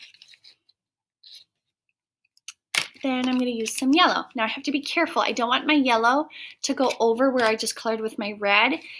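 A plastic cap is pushed back onto a red felt-tip marker after coloring, with a few faint handling ticks before a sharp, short snap at 2.5 s as the cap seats. Someone then talks for the rest of the clip.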